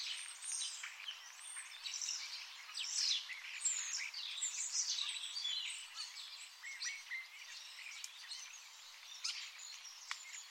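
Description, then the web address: Bird chorus: many overlapping chirps, sweeping whistles and twitters, busiest in the first half and thinning slightly toward the end. "Deverinetal 2025. Bird Only"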